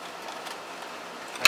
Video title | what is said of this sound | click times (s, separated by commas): Commissioned Arcade Cabinet for Rampage Games newest game Galaxy Dice Assembly Tutorial | that way we are just like so and click it down and now the back is locked into place okay | 1.5 s